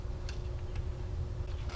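The side tabs of a plastic rear body part are lined up and pressed into a scale model Batmobile car body. A sharp snap at 0.3 s seats the tabs, followed by a fainter tick near 0.8 s over a steady low hum.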